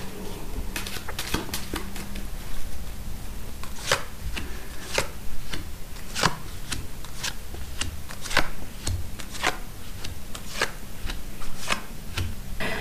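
A deck of cards is being shuffled again, with a steady stream of crisp, irregular snaps and light riffling clicks and no voices, lasting over ten seconds.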